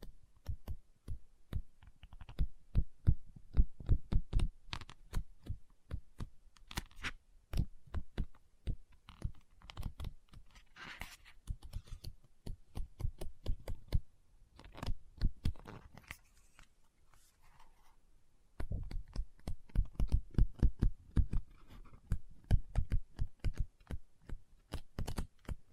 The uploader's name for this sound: Book Tapping, Scratching, Page Turning